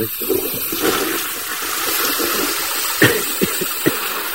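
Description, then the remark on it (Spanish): Water rushes steadily and without pause from a fixture in a home bathroom, a broad, even hiss like a toilet that keeps running, with a few brief knocks near the end. “Le llamo desde el baño de mi casa, que es que resulta que esto no para de salir agua del baño.”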